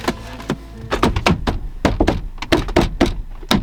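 A re-wrapped interior trim piece is pushed back into place in a Mini JCW, with a series of short thunks and taps as it is pressed in. The piece seats with a final sharp click at 3.5 s and is back in.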